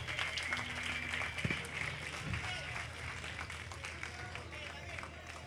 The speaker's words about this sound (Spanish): Y bueno, pido un fuerte aplauso para todos. Un fuerte aplauso.